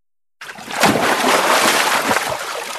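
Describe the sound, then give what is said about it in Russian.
A siren's fins slap hard against the water of a pool, throwing up a loud, churning splash that bursts in abruptly after a short silence and keeps sloshing steadily for a couple of seconds, with no voices. “Сирена громко взвизгнула, ударила плавниками по воде, щедро расплескивая ее вокруг себя.”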